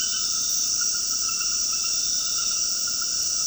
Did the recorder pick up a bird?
no